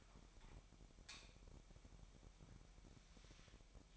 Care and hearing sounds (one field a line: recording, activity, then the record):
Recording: daily activity, microphone in the room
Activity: light on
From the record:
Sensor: 1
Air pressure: 1012.0 hPa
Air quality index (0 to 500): 237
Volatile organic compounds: 6 ppm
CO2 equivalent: 1887 ppm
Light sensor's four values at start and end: 15/35/15/17 and 18/50/20/22